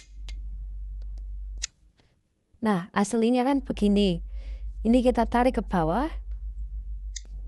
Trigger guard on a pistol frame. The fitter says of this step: Nah sampai ngunci begini.